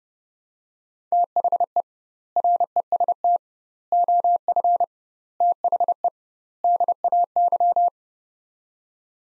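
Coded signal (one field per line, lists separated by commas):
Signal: Morse code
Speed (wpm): 32 wpm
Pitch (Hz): 700 Hz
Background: none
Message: THE REST OF THE DAY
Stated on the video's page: Morse practice drill, sets of five words at 30 wpm with 2x word spacing, a Farnsworth-like method.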